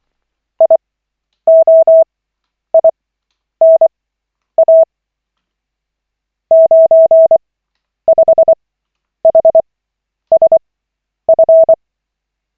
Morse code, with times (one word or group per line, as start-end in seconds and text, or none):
0.6-4.8 IOINA
6.5-11.7 95HSF